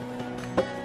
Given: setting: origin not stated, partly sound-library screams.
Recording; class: one-second piece from a danger detection set; normal situation